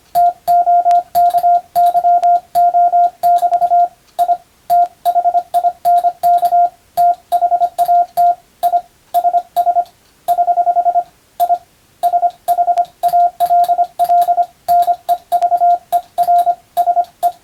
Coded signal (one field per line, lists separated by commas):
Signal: Morse code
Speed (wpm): 25 wpm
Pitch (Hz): 700 Hz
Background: radio noise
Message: TOKYO <BT> I THINK THAT I SS <HH> I SHALL NEVER SE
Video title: スマホ時代の今でも行われているモールスの国家試験の練習風景です。通信技術の原点！アマチュア無線ハムの受信練習にもどうぞ(morse code practice for radio operator )